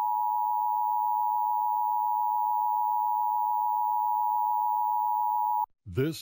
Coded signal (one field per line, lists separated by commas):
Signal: Emergency Alert System (SAME) tones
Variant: 853 and 960 Hz attention tone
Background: speech